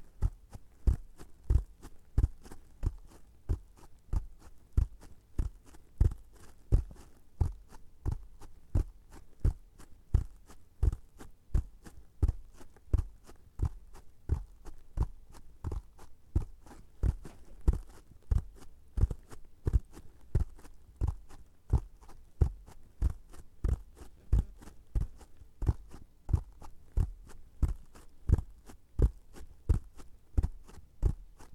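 Light tapping repeats at a steady, quick pace, roughly two or three taps per second, for the whole half minute. Each tap is short and crisp with a soft low thump underneath, some landing a little harder than others, over a quiet background.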